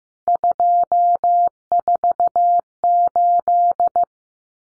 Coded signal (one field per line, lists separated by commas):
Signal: Morse code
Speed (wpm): 15 wpm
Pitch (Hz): 700 Hz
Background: none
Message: 248